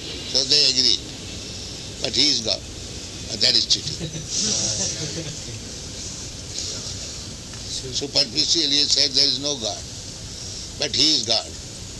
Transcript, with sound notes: So they agreed. But he is God. That is cheating. [laughter] Superficially he said there is no God, but he is God.